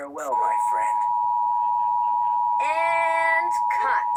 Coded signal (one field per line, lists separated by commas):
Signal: Emergency Alert System (SAME) tones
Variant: 853 and 960 Hz attention tone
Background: speech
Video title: Inland Northwest Monthly on KSPS-DT 6/11/2021 (EAS #639)